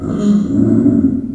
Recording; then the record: squeal of a Yucatan mini pig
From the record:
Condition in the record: after surgery on the right vocal fold (resection and tissue-engineered implant); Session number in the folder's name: 5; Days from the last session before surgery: 33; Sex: female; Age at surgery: 19 weeks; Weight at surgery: 25 kg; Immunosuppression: prednisolone